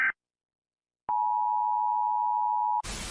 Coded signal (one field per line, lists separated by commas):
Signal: Emergency Alert System (SAME) tones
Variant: 853 and 960 Hz attention tone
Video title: Kuwait EAS alarm 1990 🇰🇼